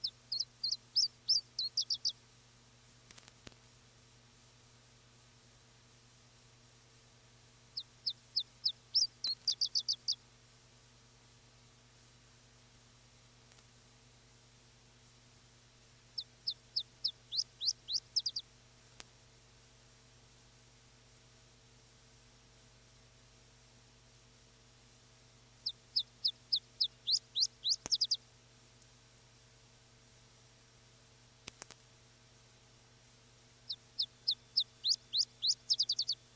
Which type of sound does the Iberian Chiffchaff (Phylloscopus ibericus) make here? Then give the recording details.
song. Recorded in the wild. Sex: male. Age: adult. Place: Ramales de la Victoria, Nordspanien, Kantabrien, ES. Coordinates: 43.25, -3.46667. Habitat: meadow with bushes (e.g. blackberry) and small trees. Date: 1964-04-30 17:30. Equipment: Nagra III PH, Parabolspiegelmikrophon, LGS26. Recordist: Sapper and Schneider, H.-J